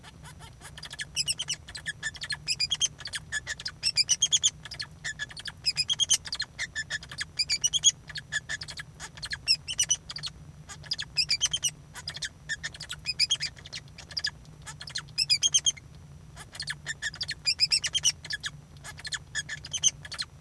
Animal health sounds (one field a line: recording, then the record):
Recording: song of a male Bengalese finch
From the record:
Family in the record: son of father 2